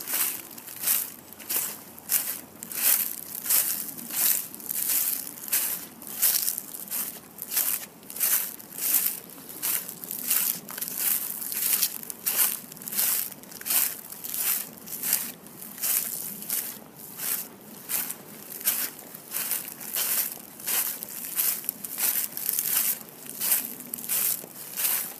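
Footsteps crunch over dry autumn leaves in a steady walking rhythm, roughly two steps per second, for the full 25 seconds. Each step is a bright, crackling crush, with a soft rustle continuing between steps.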